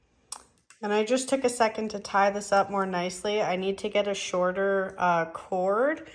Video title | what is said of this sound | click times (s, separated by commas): How To Make A Spirit Box | Reverb tool make sure it's plugged in all the way just like that you hear a click | 0.3 s